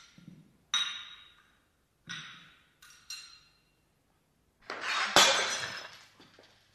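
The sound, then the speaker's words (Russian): Several sharp ceramic clinks and knocks ring out and fade, followed by a loud shattering crash as a china cup from a tableware set breaks, its bright fragments scattering and tinkling away. No voices. “Анна Ивановна, я чашку разбила от сервиза.”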